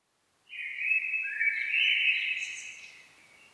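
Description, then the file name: Common blackbird song: a single rich, fluted phrase with thin, high squeaky notes near its end. "Turdus merula"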